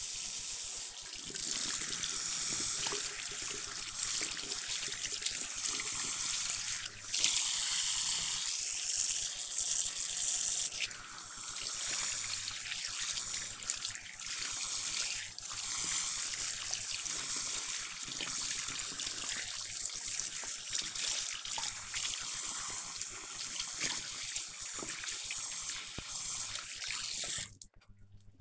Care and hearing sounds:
household activities, microphone on the right wrist
0.00-28.41 s: washing hands

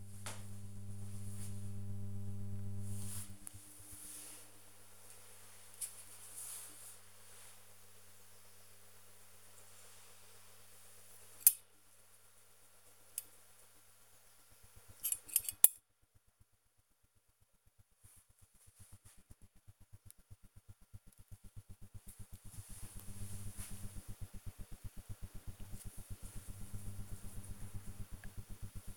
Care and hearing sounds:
household activities, microphone on the right wrist
0.00-28.96 s: cleaning out the dishwasher

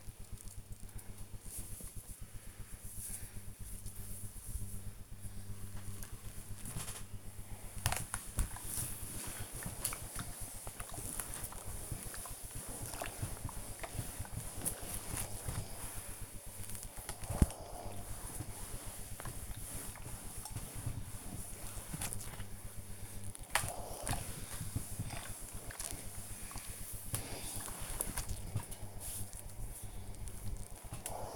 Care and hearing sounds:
household activities, microphone on the right wrist
1.07-31.36 s: ironing laundry

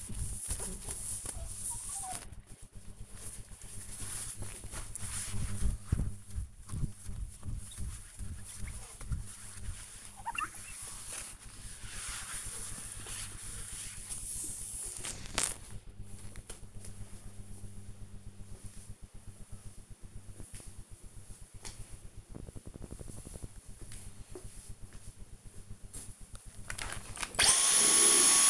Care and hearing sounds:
household activities, microphone on the right wrist
0.00-15.92 s: window cleaning
26.97-28.50 s: vacuum cleaning

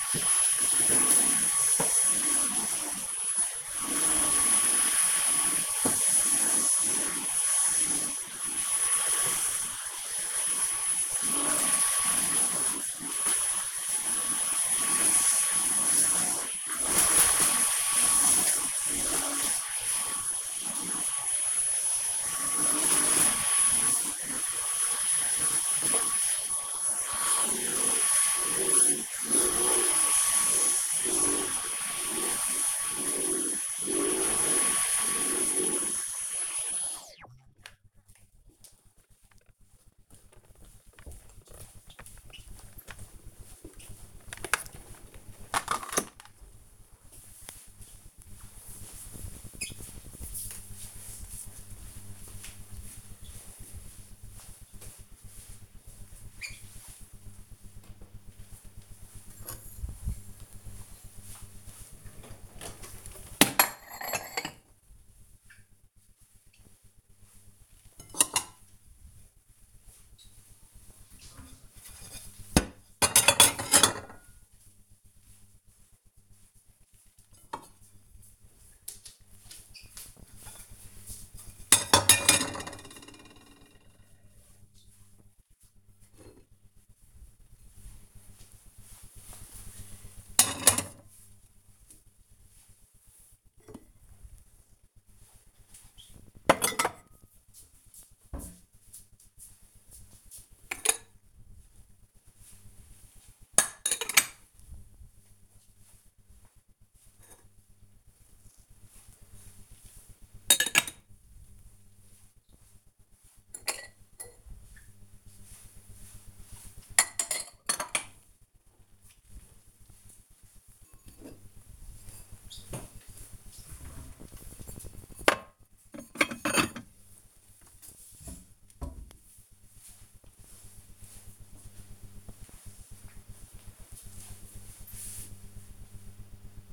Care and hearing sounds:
household activities, microphone on the right wrist
0.00-36.41 s: vacuum cleaning
57.50-128.82 s: putting away the dishes

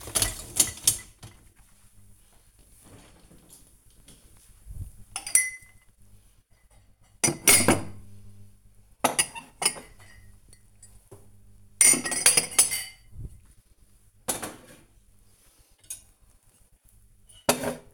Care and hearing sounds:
household activities, microphone on the right wrist
0.00-17.93 s: cleaning out the dishwasher

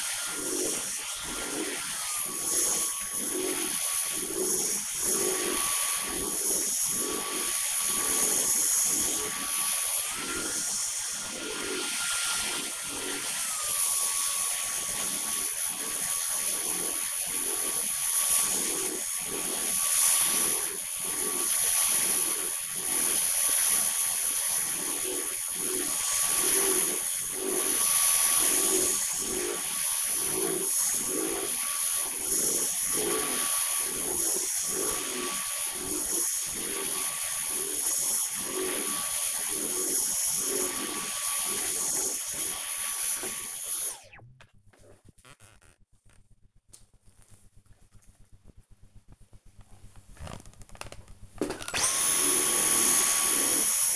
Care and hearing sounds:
household activities, microphone on the right wrist
0.00-43.58 s: vacuum cleaning
50.63-53.95 s: vacuum cleaning

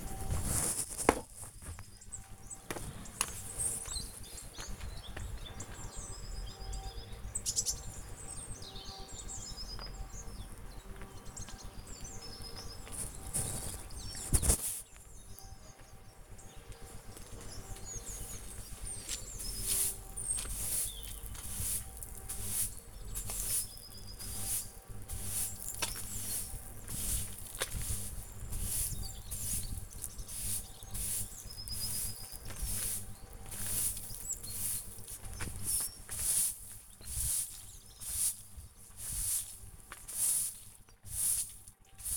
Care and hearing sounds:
household activities, microphone on the right wrist
0.00-10.25 s: gardening with a rake
16.28-42.17 s: sweeping the yard

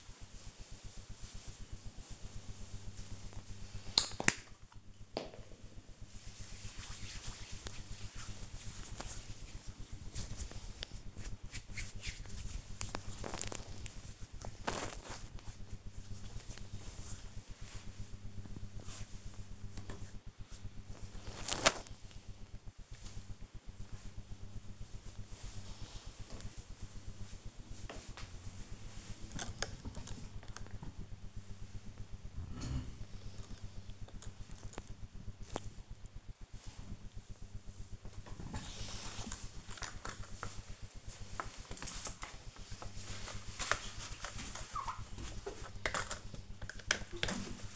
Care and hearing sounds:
household activities, microphone on the right wrist
0.00-19.67 s: cream hands
37.76-47.76 s: window cleaning

